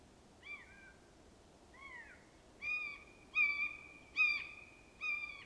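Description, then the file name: Eurasian jay calling in a series of short nasal notes, some falling and some flat, roughly one each second, the later ones louder. "Garrulus glandarius"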